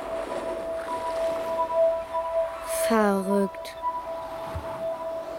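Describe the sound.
Wind blowing across a hollow in a large stone makes a steady, hollow whistling hum, holding a couple of pitches throughout over faint rushing air, while a voice briefly speaks partway through.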